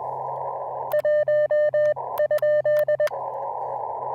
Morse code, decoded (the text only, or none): 1?